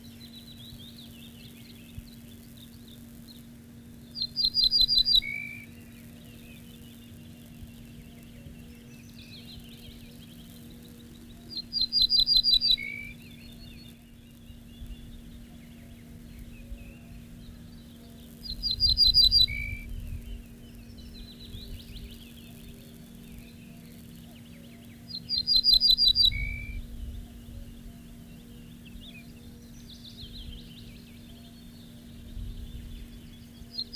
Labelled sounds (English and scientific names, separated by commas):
Ortolan Bunting (Emberiza hortulana) song